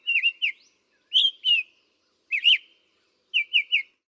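Summer tanager song: clear, slightly hoarse whistled notes in short groups of two or three, separated by short gaps.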